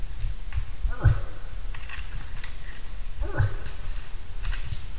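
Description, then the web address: Moose producing two rough, downward-bending grunts a little over two seconds apart. "hirvi. nisakkaiden-aania-7-osa-hirvi"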